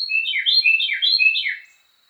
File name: suara-kicauan-burung-carolina-wren-variasi-5-omkicau